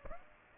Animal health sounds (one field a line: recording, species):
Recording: mosquito wingbeat signal from an infrared sensor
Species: Aedes aegypti